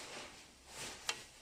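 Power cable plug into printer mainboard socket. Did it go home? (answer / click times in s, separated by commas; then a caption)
yes / 1.1 s. A power cable connector is plugged into the mainboard power socket of an A3 flatbed printer as the last connection, over a steady broadband hiss that swells briefly around 0.8 s. A single sharp click at 1.1 s marks the connector seating into the socket, a plug that will not go in if reversed.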